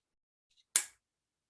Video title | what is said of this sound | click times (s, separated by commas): #CLAWellnessChallenge: If You Can Walk, You Can Nordic Walk! | Just popped. So it'll pop into place. | 0.8 s